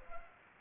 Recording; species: mosquito wingbeat signal from an infrared sensor; Culex pipiens